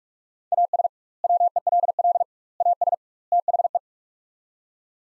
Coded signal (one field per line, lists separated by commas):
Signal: Morse code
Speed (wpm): 42 wpm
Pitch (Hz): 700 Hz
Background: none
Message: AS WELL AS THE